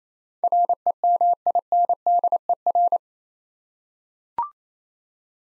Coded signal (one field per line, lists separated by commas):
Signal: Morse code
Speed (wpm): 28 wpm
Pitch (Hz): 700 Hz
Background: none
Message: REMINDER